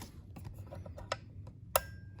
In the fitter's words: so it goes in place of the slug snaps